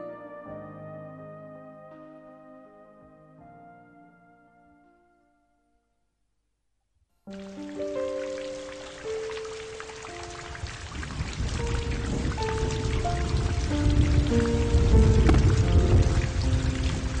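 Gentle melodic music fades to a brief silence, then a dense, steady hiss of rain, still falling at midnight, sweeps in under new musical notes, building louder toward the end.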